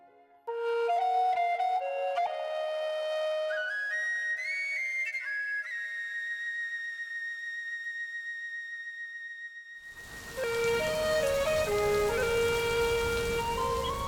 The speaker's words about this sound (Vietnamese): Vào một đêm mưa tháng 7 khá lâu về trước, ở một vùng quê nghèo miền Nam, mọi vật lúc này đều chìm trong màn đêm tĩnh mịch. Chỉ còn tiếng sấm chớp rì đùng, tiếng mưa rít từng cơn, âm thanh gió vờn xào xạc trung chuyển cành cây tán lá